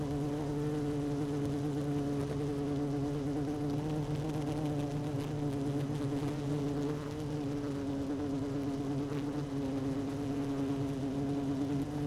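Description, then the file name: Honey bee hive buzz, a continuous low drone with bright overtones. It stays steady from start to finish and no other sounds stand out. Queen honey bee in hive 1, recorded 12 June 2018 at 16:30. "Hive 1 12 06 2018 Queen Bee H 1"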